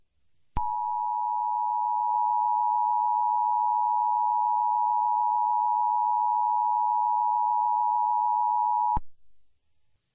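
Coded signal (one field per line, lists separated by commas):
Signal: Emergency Alert System (SAME) tones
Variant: 853 and 960 Hz attention tone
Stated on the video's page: Fictional EAS scenario.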